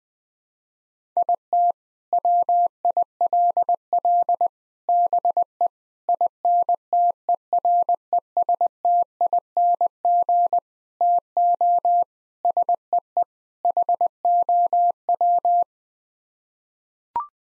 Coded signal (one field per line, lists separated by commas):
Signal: Morse code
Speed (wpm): 21 wpm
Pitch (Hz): 700 Hz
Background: none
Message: IT WILL BE INTERESTING TO SEE HOW